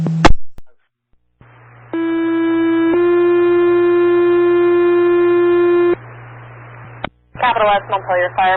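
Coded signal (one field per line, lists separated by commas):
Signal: two-tone page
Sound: a one-second tone, then a three-second tone, then a voice begins dispatching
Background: radio static, dispatcher voice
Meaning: Alerts Montpelier (Capital) Fire to a structure fire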